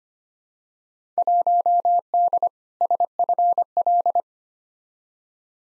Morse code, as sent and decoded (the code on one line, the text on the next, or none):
.---- -.. / ... ..-. .-..
1D SFL